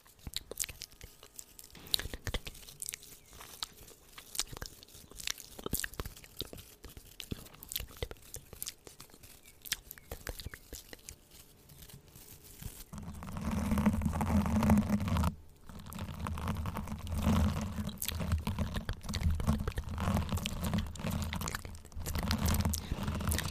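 Wet mouth sounds and crunchy clicks come in a quick, irregular stream, with soft whispery hiss between them. Around thirteen seconds a low steady hum rises underneath and the sounds grow louder and denser, with a brief dropout near fifteen seconds.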